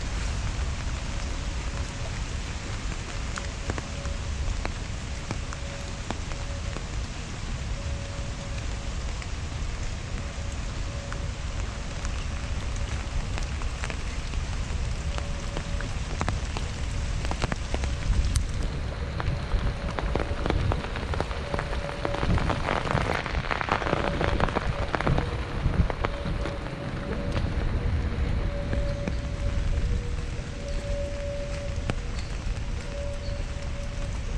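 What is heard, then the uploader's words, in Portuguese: Rain falls steadily in Central Park, a dense, even patter of drops with a low rumble of traffic underneath. A faint steady tone hums throughout, and the rain swells heavier and splashier around the twenty-to-twenty-five second mark before settling again. NYC Nature Rain Sounds ASMR.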